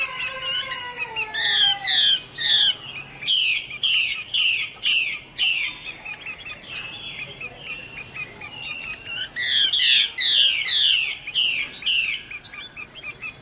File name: Tieng chim hoa mi mai hot